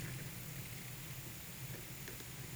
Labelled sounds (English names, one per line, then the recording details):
none
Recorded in pastures near Puerto Asís, Putumayo, Colombia, on 22 June 2025 at 14:00
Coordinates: 0.486, -76.323
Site H29